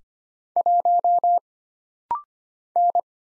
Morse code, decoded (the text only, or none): 1 N